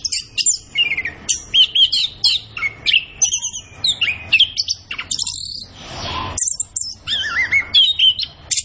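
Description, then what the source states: Orange-headed thrush pouring out fast varied whistles and chips, with a short harsh rushing sound midway before the bright phrases resume. Bird singing vigorously and continuously (gacor); used to train songbirds in Indonesian songbird keeping.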